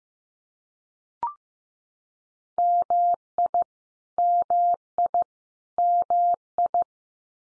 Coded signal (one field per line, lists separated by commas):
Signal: Morse code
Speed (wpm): 15 wpm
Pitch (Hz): 700 Hz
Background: none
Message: MI MI MI